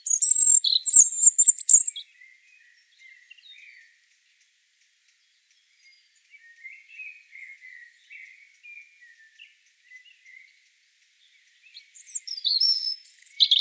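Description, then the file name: European robin giving loud, very high jangling phrases at the start and end, with a quieter stretch of faint thin notes between them. "Erithacus rubecula"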